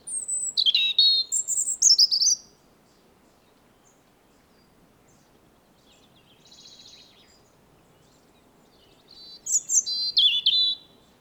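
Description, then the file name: European robin song: two bright, varied warbling phrases with a faint high rattle in the long gap between them. "Erithacus rubecula 240922"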